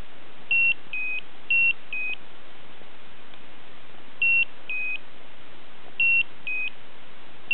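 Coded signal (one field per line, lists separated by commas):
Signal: beep code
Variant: Slendertone toning belt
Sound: repeating electronic beeps alternating high and low pitch, groups of four, then pauses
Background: quiet room hiss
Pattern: 4 short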